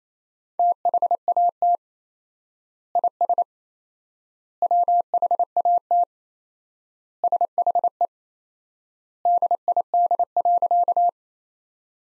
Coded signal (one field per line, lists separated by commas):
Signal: Morse code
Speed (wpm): 28 wpm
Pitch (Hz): 700 Hz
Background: none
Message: THAT IS WHAT SHE DID.